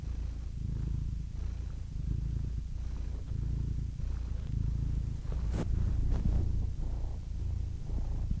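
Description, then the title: Domestic cat purring, a steady low rumble, with a few sharp clicks or rustles in the second half. Compilation of domestic cats ranging from kittens to old cats. "The Ultimate Compilation of Adorable Cat Meows 🐱😺 #CatMeows #CuteKittens"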